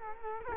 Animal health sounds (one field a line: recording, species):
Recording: mosquito wingbeat signal from an infrared sensor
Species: Culex quinquefasciatus